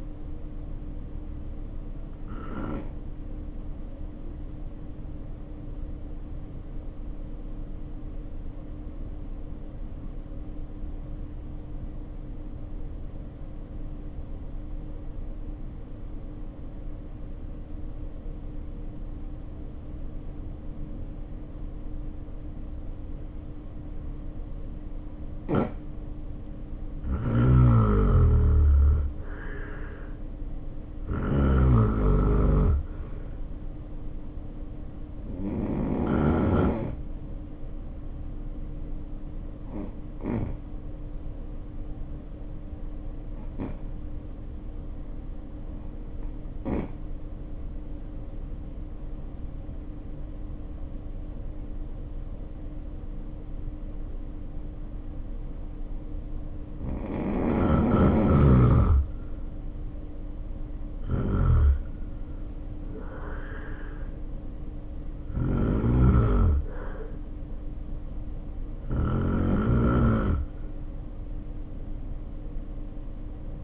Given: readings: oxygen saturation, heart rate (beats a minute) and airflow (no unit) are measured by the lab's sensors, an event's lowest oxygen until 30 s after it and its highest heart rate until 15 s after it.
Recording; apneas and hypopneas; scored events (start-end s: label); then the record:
breathing in sleep by a smartphone at the bedside; 2
5.00-27.00 s: hypopnea (N2, oxygen 93% highest, then 79% lowest, heart rate 50 at the start, 64 highest)
41.00-61.70 s: hypopnea (N2, oxygen 92% highest, then 82% lowest, heart rate 60 at the start, 67 highest)
From the record:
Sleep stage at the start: N2 (light sleep); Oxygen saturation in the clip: 73 to 93%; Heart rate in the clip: 50 to 67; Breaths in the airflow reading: 18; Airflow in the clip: -2.2 to 2.0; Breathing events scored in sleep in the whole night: 520 in 7.2 hours asleep